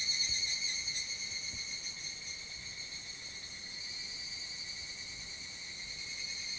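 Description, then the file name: Evening cicada song, a bright metallic trill that throbs strongly at the start and then eases into a smoother, softer continuous ringing. Recorded 25 July 2022. "higurashi 220725"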